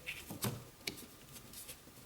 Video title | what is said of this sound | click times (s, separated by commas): Endless Knot ∞ Finite Wood | it snaps into place and holds nice and tightly no matter how you rotate | 0.9 s